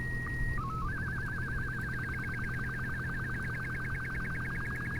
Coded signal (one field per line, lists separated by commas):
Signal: none